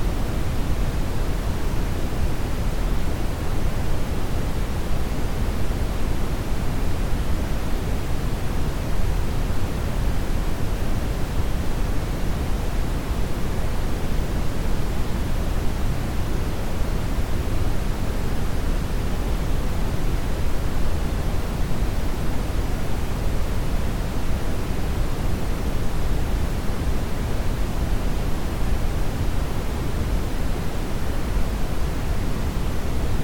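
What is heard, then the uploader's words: Brown noise plays as a deep, steady rush, heaviest in the low end and thinning toward the top. The level holds constant for the full half minute, with a dense, even texture like a waterfall and no separate events. Soothing Brown Noise. Brown noise is a deep, consistent sound that sounds like a gentle waterfall or the rustling of leaves in the wind.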